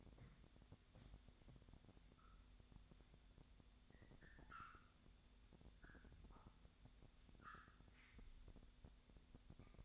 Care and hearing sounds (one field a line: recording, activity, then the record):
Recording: daily activity, microphone in the room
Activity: wipe stove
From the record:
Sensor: 3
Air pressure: 1007.0 hPa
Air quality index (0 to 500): 205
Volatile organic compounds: 18 ppm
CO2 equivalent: 2619 ppm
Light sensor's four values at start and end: 11/27/11/11 and 11/27/11/11